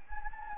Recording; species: mosquito wingbeat signal from an infrared sensor; Anopheles gambiae